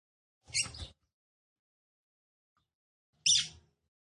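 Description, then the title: Red-cowled cardinal, female, gives two brief, bright chirps separated by a couple of seconds of silence. Female song, described as fiery and nervous, said to excite the male red-cowled cardinal quickly. "CANTO DA FÊ MEA GALO CAMPINA FOGOSA LEVANTA FOGOESQUENTA GALO CAMPINA MACHO RAPIDINHO FÊ MEA NERVOSA"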